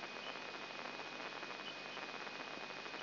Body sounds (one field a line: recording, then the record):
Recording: brain microelectrode recording played as sound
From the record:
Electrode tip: inside the subthalamic nucleus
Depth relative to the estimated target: -2 mm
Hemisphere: right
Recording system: AlphaMap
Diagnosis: Parkinson's disease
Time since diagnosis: 8 years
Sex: female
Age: 37 years